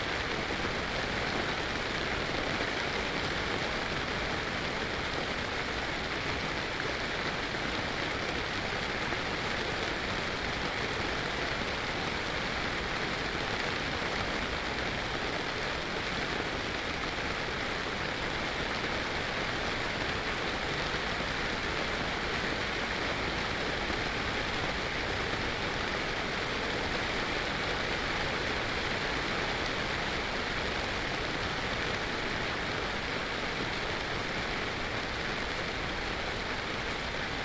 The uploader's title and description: Rain Outside Yurt, Norfolk. Sheltering from the rain